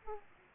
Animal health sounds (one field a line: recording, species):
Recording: mosquito wingbeat signal from an infrared sensor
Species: Aedes aegypti